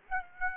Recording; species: mosquito wingbeat signal from an infrared sensor; Aedes aegypti